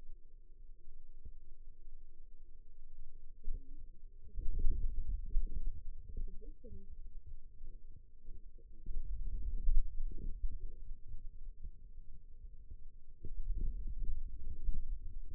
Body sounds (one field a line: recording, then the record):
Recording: forearm muscle sounds (acoustic myography)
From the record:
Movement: radial deviation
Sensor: system 2, bracelet of six BSWA MPA416 microphones around the upper forearm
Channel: 3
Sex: female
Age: 21 years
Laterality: right